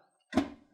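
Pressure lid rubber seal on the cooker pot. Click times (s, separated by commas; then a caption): 0.3 s. The pressure lid of a Ninja Foodi multi-cooker is opened, and its rubber sealing ring lets go of the cooker pot with a short snap at 0.3 s. A brief low thunk-like ring follows and fades out. The seal is released from the pot.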